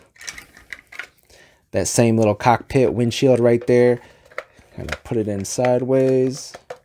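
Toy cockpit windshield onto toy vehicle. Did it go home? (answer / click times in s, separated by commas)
no / none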